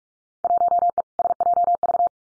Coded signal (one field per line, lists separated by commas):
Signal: Morse code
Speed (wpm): 46 wpm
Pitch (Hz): 700 Hz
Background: none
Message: 1E SJV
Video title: Field Day Exchange 45wpm